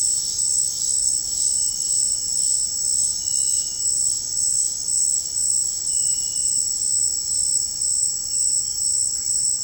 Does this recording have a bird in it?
no